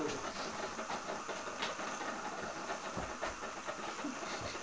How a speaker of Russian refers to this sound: Ну, выключим, наверное, нашу эту замечательную кофеварку.